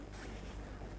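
A removable GRP-framed seat cushion on a Dromeas 28CC sportsboat deck is being handled over its locker lid, where it is meant to pop into place and hold securely. A steady broadband rumble with low-frequency hum runs throughout, with no distinct impacts. The cushion has not seated or clicked yet.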